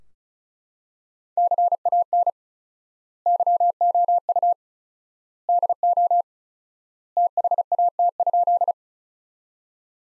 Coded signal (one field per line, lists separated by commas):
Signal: Morse code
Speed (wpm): 36 wpm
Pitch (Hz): 700 Hz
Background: none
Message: CAN YOU DO THAT?